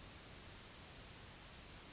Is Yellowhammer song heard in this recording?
no